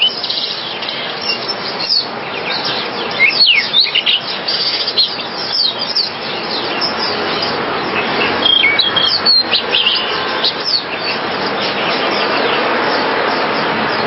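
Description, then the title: Java sparrow chirping song: dense, rapid high chirps and short downslurred notes, some loud bursts around three and nine seconds, over steady background hiss. "kicau gelatik"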